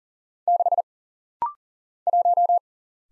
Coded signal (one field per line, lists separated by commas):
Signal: Morse code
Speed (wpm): 40 wpm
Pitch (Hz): 700 Hz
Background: none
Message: 6 1